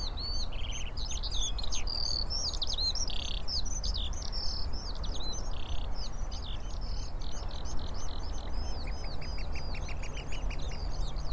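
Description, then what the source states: Eurasian oystercatchers piping, a dense overlapping chorus of loud, high, arched notes repeated rapidly throughout, over a steady low rumble. Several birds at Rye Harbour river mouth, recorded 9 May 2022.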